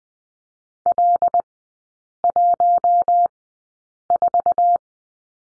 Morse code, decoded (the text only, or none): L14